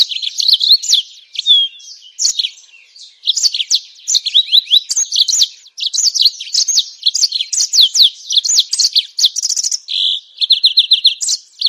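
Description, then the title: Bird pouring out a long, varied high song of quick whistled sweeps, rattled trills and sharp chips, phrase after phrase in a nearly unbroken run. Masteran training songs for cage birds. "Masteran Burung"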